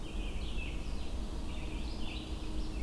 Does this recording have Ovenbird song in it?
no